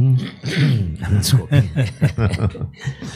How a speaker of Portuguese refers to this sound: Bom, deixa eu pigarrear.